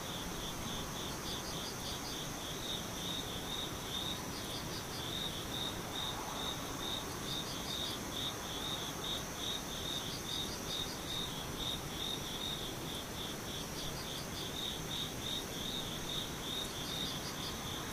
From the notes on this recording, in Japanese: ムシ